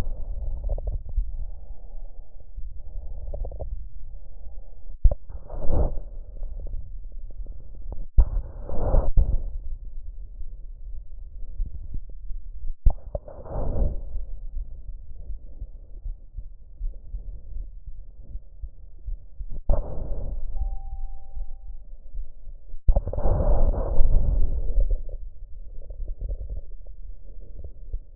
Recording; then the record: lung sounds by stethoscope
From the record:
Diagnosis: chronic bronchitis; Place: left posterior upper chest